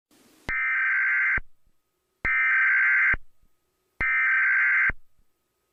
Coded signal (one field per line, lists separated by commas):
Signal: Emergency Alert System (SAME) tones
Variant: header bursts